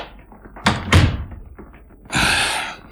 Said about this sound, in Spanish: Su almuerzo ya está servido, señor. Gracias. Cerraré la puerta.